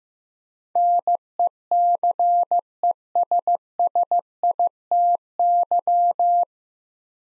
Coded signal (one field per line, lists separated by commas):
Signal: Morse code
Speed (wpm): 15 wpm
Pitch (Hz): 700 Hz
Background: none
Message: NECESSITY